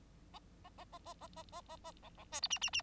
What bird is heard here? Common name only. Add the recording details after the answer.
Bengalese Finch. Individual Bird9